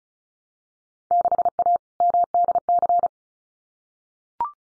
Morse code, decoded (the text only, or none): 6A MDC